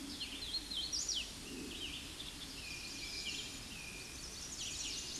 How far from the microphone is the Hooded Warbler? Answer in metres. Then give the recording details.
about 10 m. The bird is about 5 m above the microphone. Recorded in a Pennsylvania forest on 16 May 2024 at 07:36. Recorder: AudioMoth, point MSD-0079. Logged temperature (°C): 16.1 °C. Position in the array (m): 157 m, 89 m